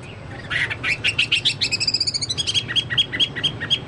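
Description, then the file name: Chinese hwamei song in fast chattering bursts, followed by a line of clear, evenly repeated whistled notes; low background hum. "hwamei-2-omkicau"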